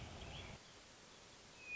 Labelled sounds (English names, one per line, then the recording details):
Hermit Thrush
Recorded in Sonoma County, California